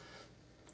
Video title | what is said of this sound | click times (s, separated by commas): Getting to Know Your TiPX Volume 1 | and then slide this down until that locks into place down at the bottom | 0.7 s